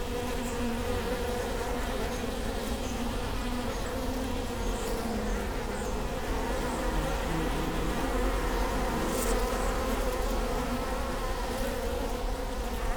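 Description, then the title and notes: Steady honey bee hum from many bees, banded tones holding level throughout. Bee hive at Prinzessinnengarten, Hermannstraße, Berlin, Germany; recorded with Sony PCM D50 and Primo EM172. "Prinzessinnengarten II, Hermannstraße, Berlin, Deutschland - bee hive. bee hive at Prinzessinnengarten"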